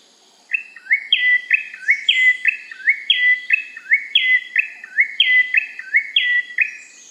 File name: suara cinenen merah